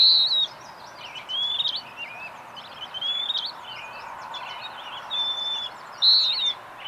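Bird song made of bright whistles and flickering chirps throughout, a louder whistle opening and another near the end, over faint steady background noise.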